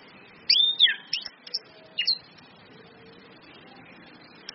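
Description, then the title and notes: Orange-headed thrush song, a brief run of clear whistled notes and chips, then silence over a steady hiss. Indonesian training lure ('pancingan') of clear 'ngeplong' song with female whistles ('suitan betina'), meant to make birds sing eagerly ('gacor'). "PANCINGAN anis kembang ngeplong dan SUITAN BETINA. Masteran Anis Kembang"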